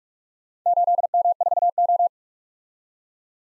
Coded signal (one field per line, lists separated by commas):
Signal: Morse code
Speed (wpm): 47 wpm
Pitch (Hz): 700 Hz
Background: none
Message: 8M4O